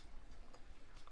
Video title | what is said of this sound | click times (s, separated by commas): Build the IXO Porsche 911 RS 2.7 Carrera - Mike Lane - Stages 1-3 - The Build Begins! 🏎️ | once this is locked into place like that, that can't come out. | 1.1 s